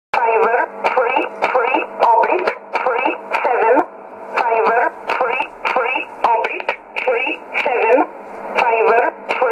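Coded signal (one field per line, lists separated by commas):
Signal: numbers station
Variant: E11 Oblique, English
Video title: 09 11 2016 Number station E11 Oblique in English to Eu 0902 on 9446 unknown tx site USB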